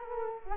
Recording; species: mosquito wingbeat signal from an infrared sensor; Culex quinquefasciatus